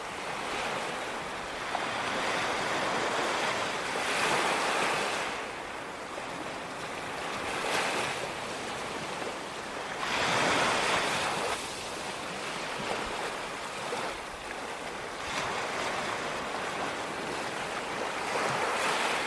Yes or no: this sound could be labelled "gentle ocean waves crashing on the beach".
yes